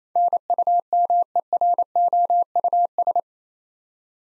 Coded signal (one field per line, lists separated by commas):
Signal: Morse code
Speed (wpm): 27 wpm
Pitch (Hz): 700 Hz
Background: none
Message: NUMEROUS